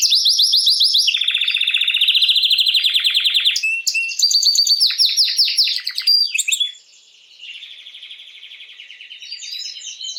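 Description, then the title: Canary song: fast rolling trills at high pitch, first a bright rapid roll, then a lower buzzy trill, then sharp chips and quieter trilled phrases. Male Belgian canary named Raiden singing a lot; played to warm up young birds and Belgian canaries. "Esquente Seu Filhote E Canario Belga Em 30 Minutos Macho Cantando Muito. Canrio Belga RAIDEN Cantando Muito - Esquente seu Canrio Belga"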